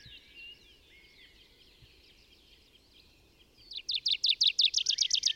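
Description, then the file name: Tree pipit song: faint mixed birdsong at first, then a loud fast series of high repeated notes continuing to the end. Recorded in the Bavarian Forest, Germany, on 25 April 2015. "Baumpieper. Bayerischer Wald REG. Susanne Rieck"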